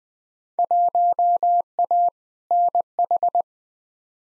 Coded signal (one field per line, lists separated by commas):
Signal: Morse code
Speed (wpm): 20 wpm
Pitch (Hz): 700 Hz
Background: none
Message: 1A NH